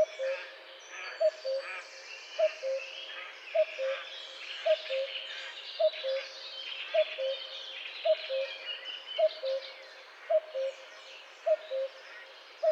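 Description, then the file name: Common cuckoo delivering a long, steady run of two-note cu-coo calls, one about every 1.1 seconds, with a dense background of songbird chatter. "Coucou gris"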